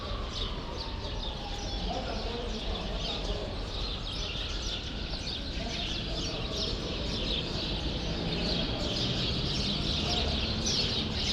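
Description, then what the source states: Sparrows chirping in a continuous chorus over a low background rumble, with a smooth falling tone early on. Sparrows in a grove at Rue Saint-Jean Népomucène 13, Brussels, Belgium; recorded with Earsight V2 microphones in AB into a Mixpre-3.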